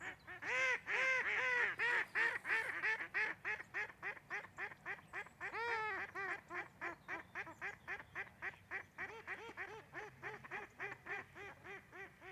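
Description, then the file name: Duck quacks in a fast, steady run of about three per second, loud and harsh at the start, then easing to softer rhythmic quacking. Ducks, more than one, recorded at Andernos in 2014. "Canards andernos"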